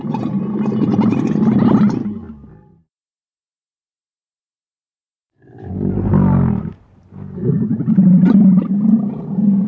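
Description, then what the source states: Camel giving long, rough, throaty grunts in three bursts with a pause of nearly three seconds between the first and second. Mating call; grunts.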